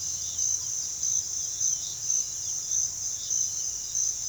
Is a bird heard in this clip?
yes